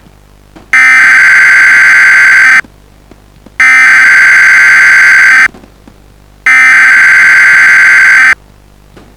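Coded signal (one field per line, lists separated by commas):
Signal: Emergency Alert System (SAME) tones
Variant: header bursts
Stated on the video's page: Simulated mock alert scenario set in Missouri.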